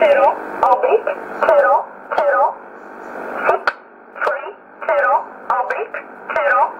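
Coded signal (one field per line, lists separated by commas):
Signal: numbers station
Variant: E11 Oblique, English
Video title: 24 04 2020 E11 Oblique Numbers station in English 0716 on 9963 unknown tx site in USB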